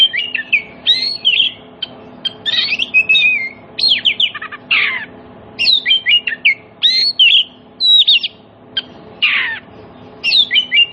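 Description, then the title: Oriental magpie-robin singing varied song in bursts with short pauses, clear whistles alternating with harsh buzzy calls. Played as a lure so that silent magpie-robins answer and sing energetically (gacor) within about five minutes. "Cukup Hitungan Menit Kacer Lain Bisa Bunyi. CUKUP 5 Menit Kacer LAIN NYAUT JADI GACOR, PANCINGAN KACER MACET BUNYI"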